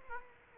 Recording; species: mosquito wingbeat signal from an infrared sensor; Aedes aegypti